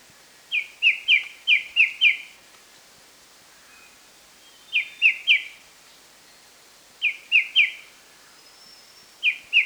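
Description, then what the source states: White-browed shrike-babbler delivering repeated phrases of three to six bright whistled notes every two to four seconds, with faint higher calls and hiss behind. Recorded 1 March 2008.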